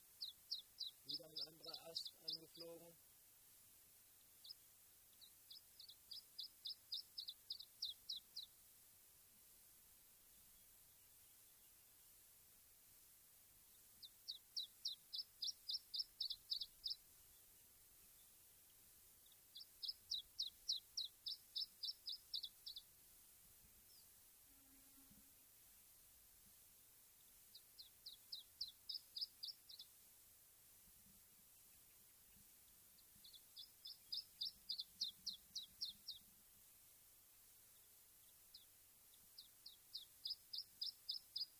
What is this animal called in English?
Iberian Chiffchaff